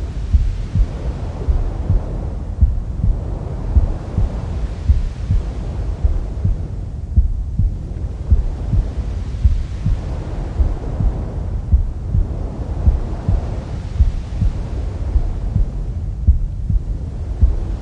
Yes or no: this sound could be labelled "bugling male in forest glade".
no